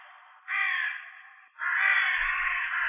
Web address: Corvus corone cornix